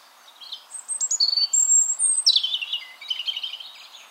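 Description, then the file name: European robin song with high sustained whistles stepping between pitches, followed by a rich warbling tumble of notes that drops lower toward the end. "Erithacus rubecula"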